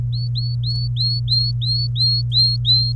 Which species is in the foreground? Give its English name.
Domestic Canary